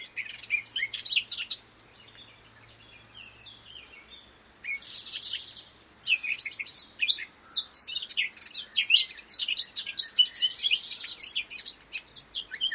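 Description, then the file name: Eurasian blackcap song: a brief warble, then a few quiet seconds, followed by a long lively stretch of fast, varied chirping notes. "Sylvia atricapilla"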